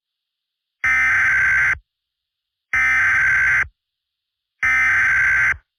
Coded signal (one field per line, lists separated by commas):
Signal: Emergency Alert System (SAME) tones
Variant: header bursts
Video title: The World on Notice: Remastered (EAS Scenario)